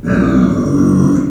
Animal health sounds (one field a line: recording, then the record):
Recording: squeal of a Yucatan mini pig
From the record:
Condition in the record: after surgery on the right vocal fold (resection and tissue-engineered implant)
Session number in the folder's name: 6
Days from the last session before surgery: 40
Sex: female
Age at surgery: 19 weeks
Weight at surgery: 25 kg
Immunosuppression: prednisolone